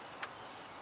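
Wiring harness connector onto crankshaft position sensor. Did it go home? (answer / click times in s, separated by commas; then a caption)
no / none. A plastic wiring harness connector is pushed by hand toward the crankshaft position sensor on a Pontiac Vibe / Toyota Matrix 1.8L 1ZZ-FE engine. Steady low background noise carries one brief, faint, high-pitched handling tick near 0.2 s. The connector has not clicked or seated yet.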